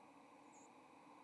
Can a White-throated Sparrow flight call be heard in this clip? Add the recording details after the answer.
yes. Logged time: 08:17 on 30 October 2014